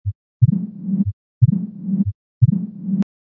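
Severe mitral stenosis in an adult heard by stethoscope: a regular rhythm at about 60 beats per minute, each cycle with a loud first sound followed by a low-pitched rumbling murmur that builds toward the next beat.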